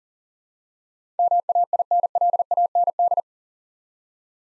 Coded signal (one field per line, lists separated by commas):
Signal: Morse code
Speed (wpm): 37 wpm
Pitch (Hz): 700 Hz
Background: none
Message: MAINLAND